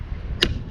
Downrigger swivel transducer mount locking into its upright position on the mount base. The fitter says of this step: It'll lock into place.